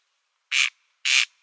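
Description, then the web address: Corn crake single double rasp, two loud grating notes half a second apart. Display call. "Schulze Peter Corn Crake display"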